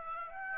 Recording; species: mosquito wingbeat signal from an infrared sensor; Aedes aegypti